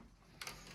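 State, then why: Not seated. The second carriage of a home knitting machine is being set on top of the first, to be coupled by a small catch so both move together. A quiet low hum is broken at about 0.4 s by a sharp, bright clatter with a second hit just after, then rustling handling noise to the end. Nothing has clicked or seated yet.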